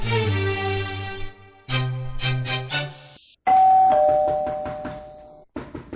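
A doorbell rings with a loud, bright chime melody of several ringing tones, followed by a steady sustained electronic tone with rattling underneath, then a brief final burst. No one speaks.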